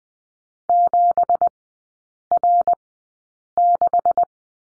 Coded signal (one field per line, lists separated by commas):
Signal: Morse code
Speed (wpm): 20 wpm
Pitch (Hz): 700 Hz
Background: none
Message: 7R6